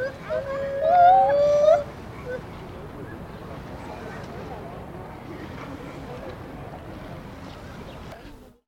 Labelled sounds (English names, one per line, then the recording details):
Lar Gibbon
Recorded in captivity
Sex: pair
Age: adult
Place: Tierpark Berlin, Berlin, DE
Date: 1988-07-14 12:46
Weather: heiter, 20 °C
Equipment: Nagra SN, Kopie Tesla B 116
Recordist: Tembrock, Günter